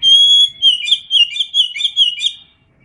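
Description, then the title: Oriental magpie-robin singing one clear sustained whistle, then a quick series of warbled, slurred phrases rising and falling in pitch. "Kacer Gacor"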